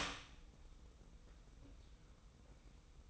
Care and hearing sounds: daily activity, microphone in the room; open door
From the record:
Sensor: 1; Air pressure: 990.4 hPa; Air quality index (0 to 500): 156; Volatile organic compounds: 1000 ppm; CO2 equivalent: 5666 ppm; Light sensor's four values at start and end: 33/75/33/35 and 33/74/32/35

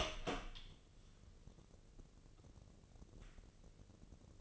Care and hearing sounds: daily activity, microphone in the room; open door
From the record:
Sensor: 4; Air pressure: 1013.2 hPa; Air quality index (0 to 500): 178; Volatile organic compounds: 2 ppm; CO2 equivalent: 1123 ppm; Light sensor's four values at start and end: 74/180/76/77 and 97/243/100/107

